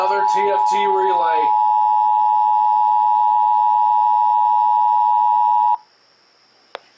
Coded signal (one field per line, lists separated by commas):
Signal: Emergency Alert System (SAME) tones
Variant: 853 and 960 Hz attention tone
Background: speech